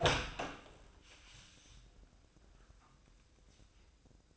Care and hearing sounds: daily activity, microphone in the room; open door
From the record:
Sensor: 2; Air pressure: 1012.2 hPa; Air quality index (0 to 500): 156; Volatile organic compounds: 2 ppm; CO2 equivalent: 1140 ppm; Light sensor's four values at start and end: 413/1036/421/443 and 415/1042/423/445

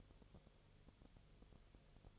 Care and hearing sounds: daily activity, microphone in the room; no activity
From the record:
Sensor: 4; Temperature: 22.4 degrees Celsius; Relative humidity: 31.1%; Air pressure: 1004.1 hPa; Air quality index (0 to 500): 85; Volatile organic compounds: 1 ppm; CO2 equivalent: 770 ppm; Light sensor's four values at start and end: 2/3/1/1 and 2/3/1/1

